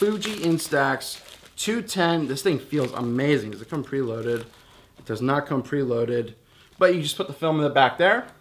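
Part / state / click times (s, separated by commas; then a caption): instant film pack into the back of an instant camera / not seated / none. An instant film pack is handled at the back of a Fuji Instax 210 instant camera, which does not come pre-loaded, while someone talks throughout with faint crinkling handling noise. The film pack has not seated or clicked into the camera yet.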